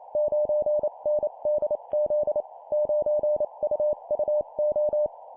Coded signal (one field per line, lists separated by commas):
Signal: Morse code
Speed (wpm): 28 wpm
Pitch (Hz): 600 Hz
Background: none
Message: 9NDZ 9UUO